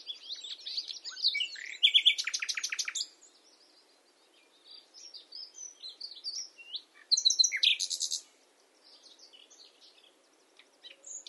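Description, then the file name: Common nightingale song of varied chirps and a loud rapid rattle, a pause, then more varied notes with another loud burst and quieter twitters. "Luscinia megarhynchos"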